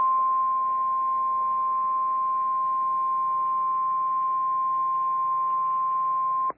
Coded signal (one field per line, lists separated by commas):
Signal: Emergency Alert System (SAME) tones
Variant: 1050 Hz attention tone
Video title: Severe Thunderstorm Warning (Potter County, TX) (4/25/25) [EAS #152]